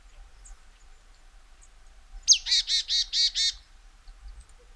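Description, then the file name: Marsh tit call: a sharp high opening note followed by a rapid run of five buzzy, nasal notes, over quiet background. "Poecile palustris"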